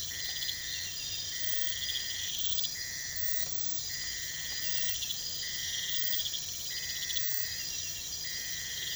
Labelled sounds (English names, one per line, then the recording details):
none
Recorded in pastures near Puerto Asís, Putumayo, Colombia, on 22 December 2024 at 02:00
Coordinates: 0.472, -76.329
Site G072